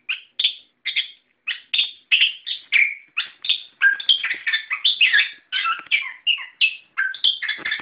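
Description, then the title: Bird song, brisk chirped phrases that grow denser and faster, high and varied, almost continuous toward the end. "SuaraBurung Kicau4"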